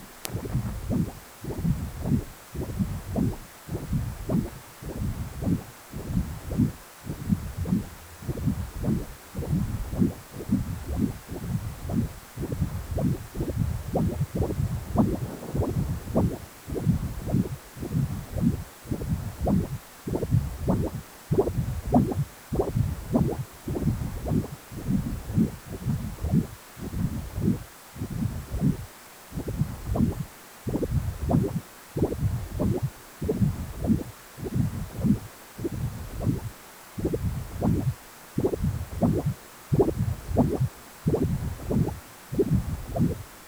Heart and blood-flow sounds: Doppler ultrasound of blood flow; precordium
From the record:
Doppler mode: continuous wave and pulsed wave in the uncut recording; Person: healthy adult, 18 to 50 years, no heart murmur, not diving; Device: 2.5 MHz transducer

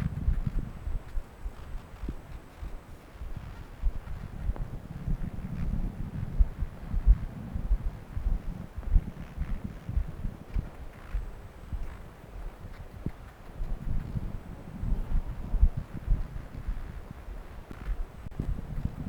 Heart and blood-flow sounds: Doppler ultrasound of blood flow; left subclavian vein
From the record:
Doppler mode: continuous wave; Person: adult scuba diver, at rest before a dive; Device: O'Dive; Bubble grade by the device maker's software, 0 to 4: 0

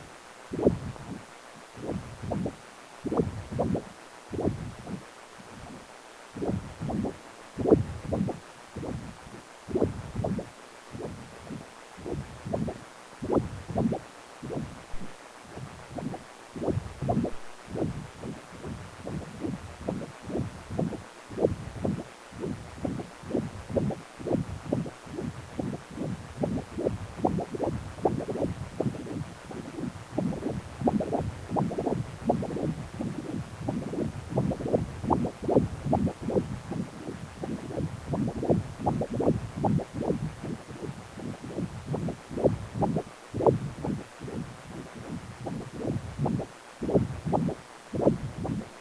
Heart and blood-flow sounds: Doppler ultrasound of blood flow; precordium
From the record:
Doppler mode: continuous wave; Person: healthy adult, 18 to 50 years, no heart murmur, not diving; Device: 2.5 MHz transducer

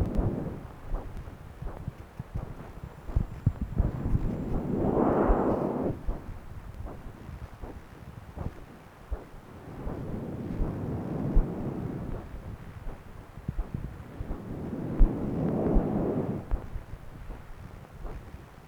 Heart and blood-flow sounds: Doppler ultrasound of blood flow; right subclavian vein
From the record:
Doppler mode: continuous wave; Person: adult scuba diver, at rest before a dive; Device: O'Dive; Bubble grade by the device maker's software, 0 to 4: 0

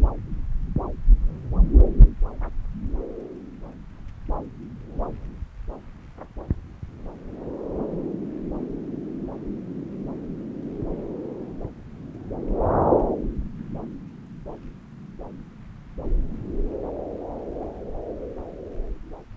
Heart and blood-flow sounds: Doppler ultrasound of blood flow; left subclavian vein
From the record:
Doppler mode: continuous wave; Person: adult scuba diver, at rest before a dive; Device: O'Dive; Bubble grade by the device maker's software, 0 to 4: 0

